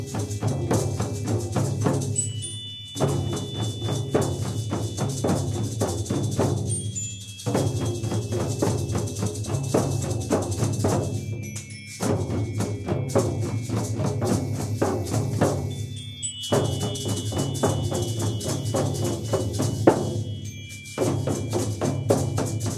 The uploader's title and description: Horse Beat Drum Sequence. Drum Circles improvised recordings in a community setting with novice & experienced participants